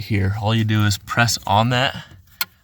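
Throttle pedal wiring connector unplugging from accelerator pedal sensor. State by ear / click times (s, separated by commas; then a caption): released / 2.4 s. Someone talks while the locking tab on the stock plastic throttle pedal harness connector of a Ram 3500 Cummins is pressed during a throttle boost with power switch install. A sharp click comes at 2.4 s as the connector unlatches and slides off the accelerator pedal sensor, and it is released.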